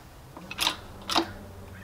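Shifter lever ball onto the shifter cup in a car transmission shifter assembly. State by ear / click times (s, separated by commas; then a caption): seated / 0.7 s. A Torque Solution short throw shifter for a G35 / 350Z is pressed by hand onto the greased ball socket of the shifter cup in the car's transmission shifter assembly. After a few faint ticks, it snaps into place with a sharp click at 0.7 s, followed by a second, similar click near 1.2 s, and the shifter is seated.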